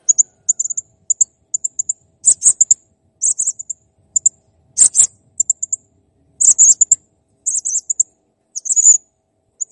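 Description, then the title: Blue-crowned hanging parrot song: rapid series of very high, thin paired chips and short trills, almost continuous, with occasional louder clicks. Cage-bird song used for training (masteran); described as clear and gacor (singing actively). "Masteran Burung Serindit Ll Masteran Serindit Gacor Jernih"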